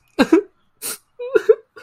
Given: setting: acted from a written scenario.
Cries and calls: vocal sound without words; sadness

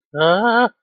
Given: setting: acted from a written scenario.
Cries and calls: vocal sound without words; distress

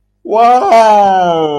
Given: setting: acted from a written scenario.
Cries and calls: vocal sound without words; positive surprise

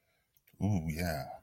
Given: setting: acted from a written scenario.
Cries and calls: vocal sound without words; desire

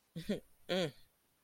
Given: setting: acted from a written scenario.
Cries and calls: vocal sound without words; contempt

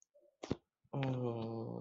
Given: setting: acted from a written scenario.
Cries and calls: vocal sound without words; adoration

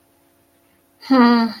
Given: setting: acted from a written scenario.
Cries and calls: vocal sound without words; neutral

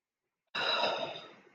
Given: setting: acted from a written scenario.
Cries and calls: vocal sound without words; embarrassment

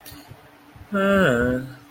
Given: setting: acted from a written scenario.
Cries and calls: vocal sound without words; neutral

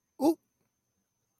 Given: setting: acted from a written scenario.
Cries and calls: vocal sound without words; adoration

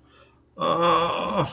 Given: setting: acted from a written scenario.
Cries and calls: vocal sound without words; sadness

